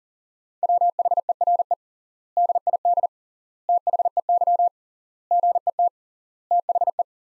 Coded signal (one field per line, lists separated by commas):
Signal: Morse code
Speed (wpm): 40 wpm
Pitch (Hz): 700 Hz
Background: none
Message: WHERE DID THEY GET THE